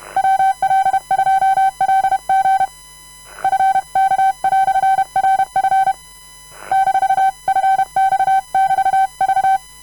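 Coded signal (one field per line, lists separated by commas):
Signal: Morse code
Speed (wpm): 31 wpm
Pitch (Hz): 770 Hz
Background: none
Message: WL2LG FK"RF -FX<BT>V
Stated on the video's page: Random Morse of all characters, numbers and punctuation sent by hand using both right and left hand at a comfortable speed.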